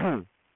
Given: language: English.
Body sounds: throat vibration sensor signal played as sound; throat clearing

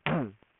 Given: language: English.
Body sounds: throat vibration sensor signal played as sound; throat clearing

